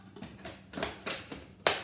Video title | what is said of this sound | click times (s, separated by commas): Le cake marbré avec le speedy chef 2 | entend le petit clic | 1.7 s